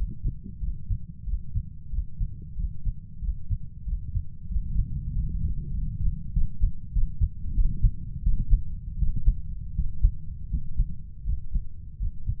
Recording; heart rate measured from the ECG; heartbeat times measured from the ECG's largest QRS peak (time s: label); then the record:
heart sounds by stethoscope; 90 bpm
0.58 s: heartbeat
1.23 s: heartbeat
1.89 s: heartbeat
2.54 s: heartbeat
3.19 s: heartbeat
3.83 s: heartbeat
4.46 s: heartbeat
5.10 s: heartbeat
5.70 s: heartbeat
6.32 s: heartbeat
6.92 s: heartbeat
7.53 s: heartbeat
8.22 s: heartbeat
8.97 s: heartbeat
9.73 s: heartbeat
10.48 s: heartbeat
11.24 s: heartbeat
11.97 s: heartbeat
From the record:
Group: healthy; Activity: Valsalva maneuver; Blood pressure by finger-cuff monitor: 92/67 mmHg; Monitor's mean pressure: 72 mmHg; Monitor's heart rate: 91 bpm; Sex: male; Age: 23 years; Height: 178 cm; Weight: 96.6 kg